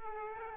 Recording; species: mosquito wingbeat signal from an infrared sensor; Aedes aegypti